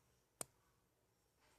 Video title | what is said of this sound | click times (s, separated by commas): 사각거림의 끝판왕 세일러 하이에이스 네오 (sailor high ace neo) | 뭔가 탁 걸리는 소리가 나죠. | 0.4 s